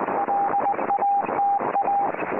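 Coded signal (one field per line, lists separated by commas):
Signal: Morse code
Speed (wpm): 20 wpm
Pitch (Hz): 800 Hz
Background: none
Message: LATA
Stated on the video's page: Weather report in CW from a Uruguayan coast station on 8602 kHz, received on a Kenwood TS-50 with an inverted-V antenna for 40 m.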